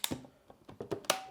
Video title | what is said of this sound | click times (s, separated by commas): GRUNDIG VCP 3930 KABLOSUZ DİKEY SÜPÜRGE İNCELEMESİ | çıt sesini duydunuz gördüğünüz gibi bakın toz haznemizi yerine yerleştirmiş oluyoruz | 1.1 s